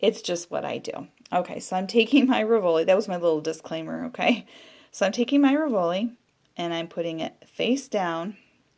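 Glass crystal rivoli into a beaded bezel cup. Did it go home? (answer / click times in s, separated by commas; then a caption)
no / none. A glass crystal rivoli is handled and turned face down, ready to go into a woven seed-bead bezel cup, while a woman talks throughout. Her voice fills the clip, with brief pauses, and only faint handling sounds are audible. Nothing has seated or clicked yet.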